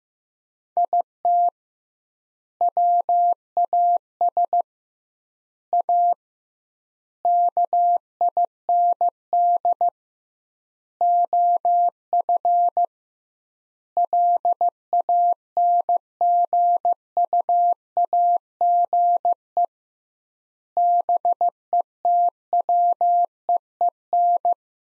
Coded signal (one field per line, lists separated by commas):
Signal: Morse code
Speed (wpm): 15 wpm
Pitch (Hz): 700 Hz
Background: none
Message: IT WAS A KIND OF LANGUAGE BETWEEN